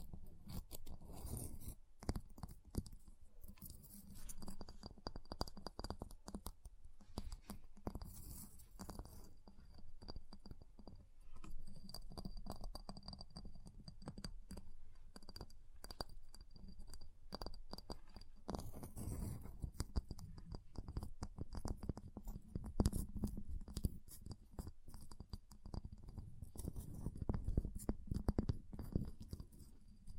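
Ice being tapped, scratched and carved, with dense, irregular clicks and scrapes throughout, a steady low rumble, and a faint high whine.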